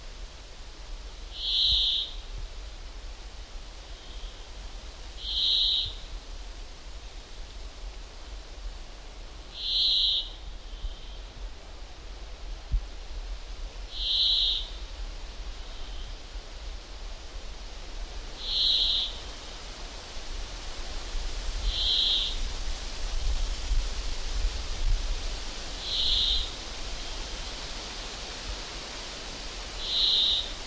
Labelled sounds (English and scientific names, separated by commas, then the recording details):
Brambling (Fringilla montifringilla) song
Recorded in the wild
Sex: male
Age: subadult
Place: Halbinsel Kindo, Karelien, RU
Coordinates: 66.5492, 33.045
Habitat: taiga
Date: 1990-07-01 19:10
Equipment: Uher 4000 Report Monitor, Sennheiser MKH 416 T
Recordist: Frommolt, Karl-Heinz
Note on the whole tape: Gesang. Tier singt auf einer Birke in ca. 20 m Höhe